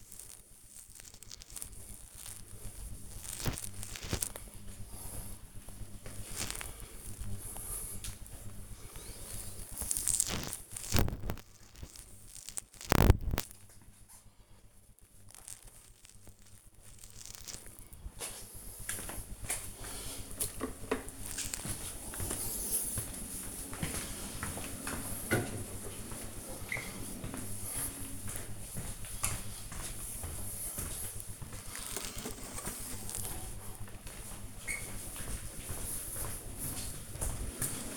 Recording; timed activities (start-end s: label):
household activities, microphone on the right wrist
0.00-28.09 s: cleaning the cupboard